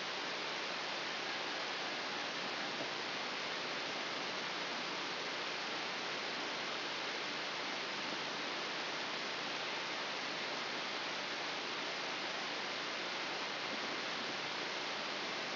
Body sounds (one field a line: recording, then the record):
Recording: brain microelectrode recording played as sound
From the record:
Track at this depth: inside the subthalamic nucleus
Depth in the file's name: 4.398 mm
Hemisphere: left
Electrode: 3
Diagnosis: Parkinson's disease